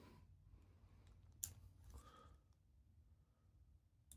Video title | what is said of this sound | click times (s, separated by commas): Mercedes Benz W124 Ignition lock cylinder replacement | You can hear it click when you do it. I'll do that again. | 1.4 s